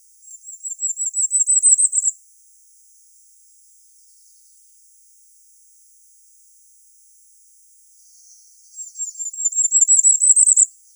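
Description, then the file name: Firecrest song: a very high, thin run of notes that quickens and rises for about two seconds, falls silent, then repeats near the end. "Korolek krasnogolovyj"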